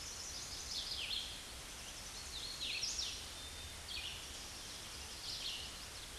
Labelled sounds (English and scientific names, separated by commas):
Hooded Warbler (Setophaga citrina) song